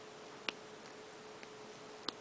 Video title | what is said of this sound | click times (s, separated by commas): XXL Pro Mascara Review | you hear that little click it's | 0.5 s, 2.1 s